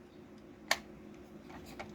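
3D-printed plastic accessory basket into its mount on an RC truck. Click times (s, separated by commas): 0.7 s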